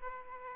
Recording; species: mosquito wingbeat signal from an infrared sensor; Aedes aegypti